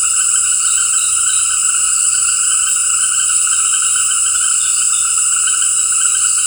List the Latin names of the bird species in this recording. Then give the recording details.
none. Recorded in dense forest near Puerto Asís, Putumayo, Colombia, on 19 February 2024 at 18:30. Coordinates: 0.484, -76.317. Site G6464